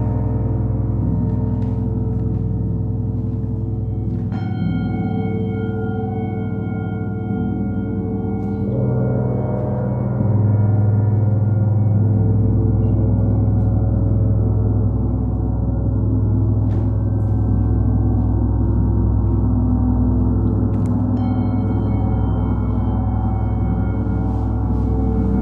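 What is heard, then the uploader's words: A gong bath: deep, sustained gong tones fill the whole stretch with a dense, slowly swelling low hum that never fades out. Bright metallic chime strikes ring out around 4 seconds and again near 21 seconds, their clear tones hanging over the rumble. Gong Bath. Gongs, bells, chimes and symbols. Steve Gong runs classes for groups in a church hall in Ainsdale Merseyside.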